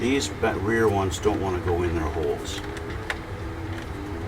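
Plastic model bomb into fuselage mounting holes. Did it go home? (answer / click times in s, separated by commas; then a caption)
no / none. Someone talks while the rear bomb of a G.W.H. F-15E Strike Eagle plastic scale model kit is pushed toward its tight-tolerance mounting holes in the fuselage. Nothing has seated or clicked yet; the part is still being handled.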